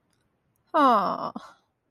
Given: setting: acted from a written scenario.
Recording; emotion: vocal sound without words; sympathy